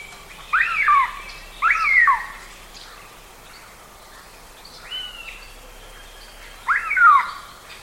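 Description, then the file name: Eurasian jay calls, four harsh, squawking notes with a rough, slurred quality, spaced unevenly over about seven seconds with quiet gaps between. "Garrulus glandarius"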